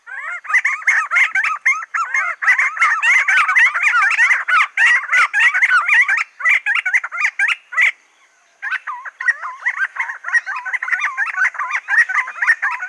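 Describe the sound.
Silver-crowned friarbird giving raucous, rapid chattering calls, a harsh stream of gurgling notes that breaks briefly near eight seconds, then resumes just as busily.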